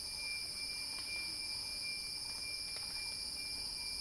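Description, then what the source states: Cicada song: a steady, high, continuous buzzing drone in two bands, with a thin unbroken tone and a few faint clicks beneath. Cicada song building in a crescendo.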